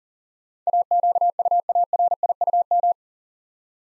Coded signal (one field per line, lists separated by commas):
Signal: Morse code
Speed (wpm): 40 wpm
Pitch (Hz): 700 Hz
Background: none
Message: AQUARIUM